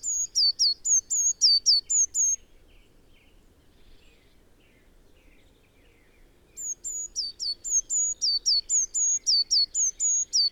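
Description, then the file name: Eurasian blue tit giving bright, high trills of repeated falling notes, a short burst, a pause of about four seconds, then a longer run. "Cyanistes caeruleus"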